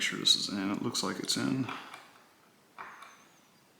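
Someone talks while fitting a GRT III aftermarket trigger assembly component into the action of a Benjamin Trail NP break-barrel air rifle, checking whether the part is in. After a pause, there is a brief, short handling noise at about 2.8 seconds, then faint rustling. Nothing has seated or clicked yet; the part is not yet pushed fully home.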